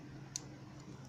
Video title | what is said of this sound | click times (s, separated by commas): Daban -- Review Astray Red Frame -- MG [Part 1] | I see in you have a small click sound and | 0.4 s